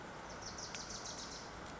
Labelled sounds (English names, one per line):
Wilson's Warbler